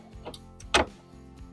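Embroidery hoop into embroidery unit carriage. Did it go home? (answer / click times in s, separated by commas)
no / none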